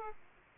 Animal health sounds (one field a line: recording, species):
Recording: mosquito wingbeat signal from an infrared sensor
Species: Aedes aegypti